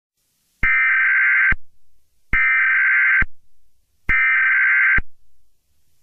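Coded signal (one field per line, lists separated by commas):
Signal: Emergency Alert System (SAME) tones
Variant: header bursts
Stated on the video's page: Fictional Fourth of July EAS scenario.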